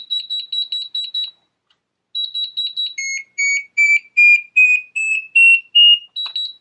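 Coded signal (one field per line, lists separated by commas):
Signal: beep code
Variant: Metroboard remote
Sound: quick high chirps, then 8 short beeps rising gradually in pitch, final high chirp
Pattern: 8 short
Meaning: Eight beeps indicate acceleration level 8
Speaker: So that was 8 beeps, that means it's on level 8, and it goes down.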